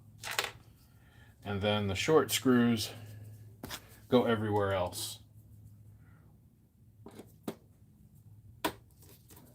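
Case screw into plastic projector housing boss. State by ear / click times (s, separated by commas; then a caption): seated / 8.6 s. Someone talks while a case screw is turned backwards in the plastic housing boss of a Polyvision projector. Faint ticks follow until the screw drops into the existing thread with a sharp click at 8.7 s, seating it before it is tightened.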